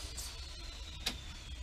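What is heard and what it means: With the hood removed from a Slingshot, a front hood latch on the vehicle's front latch assembly is pressed down by its top black part to simulate closing the hood. Over a steady low hum, it snaps over with one sharp click at 1.1 s. The latch is seated, and all the latches are now operated.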